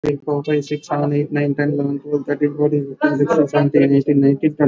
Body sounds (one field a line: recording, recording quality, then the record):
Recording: counting at a fast pace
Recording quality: moderate, slight background noise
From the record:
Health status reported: exposed to COVID-19, no respiratory illness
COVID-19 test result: not tested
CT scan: not taken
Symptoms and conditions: none ticked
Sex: male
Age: 63 years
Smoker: no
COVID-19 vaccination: both doses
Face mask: worn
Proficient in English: yes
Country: India